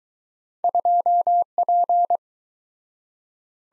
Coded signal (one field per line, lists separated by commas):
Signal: Morse code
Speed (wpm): 22 wpm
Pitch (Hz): 700 Hz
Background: none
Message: 2P